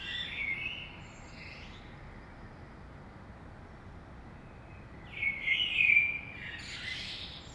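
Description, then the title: Common blackbird singing a soft warble at the start, then after a long pause a louder fluty phrase finishing in a high, scratchy twitter, over faint background noise. Saint-Gilles, Belgium; early morning; recorded with DPA 2006c microphones in AB stereo into a Zoom F3. "Saint-Gilles, Belgique - Blackbird - Merle"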